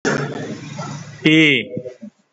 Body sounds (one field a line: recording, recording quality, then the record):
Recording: sustained vowel as in beet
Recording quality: excellent, no background noise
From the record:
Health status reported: COVID-19 positive, mild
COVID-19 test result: positive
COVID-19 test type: RT-PCR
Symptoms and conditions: sore throat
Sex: male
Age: 53 years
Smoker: no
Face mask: not worn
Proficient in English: yes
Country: India